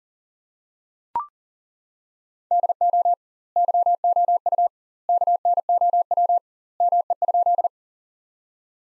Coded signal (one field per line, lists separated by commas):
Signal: Morse code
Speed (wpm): 40 wpm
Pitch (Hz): 700 Hz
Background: none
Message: DO YOU KNOW ME?